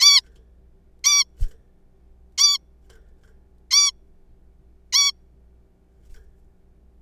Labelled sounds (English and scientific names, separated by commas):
Zebra Finch (Taeniopygia guttata)